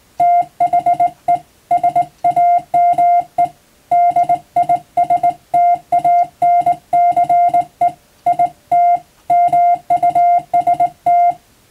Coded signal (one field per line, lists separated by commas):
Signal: Morse code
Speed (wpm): 20 wpm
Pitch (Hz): 700 Hz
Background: music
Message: THE SAME DISTANCE IT MUST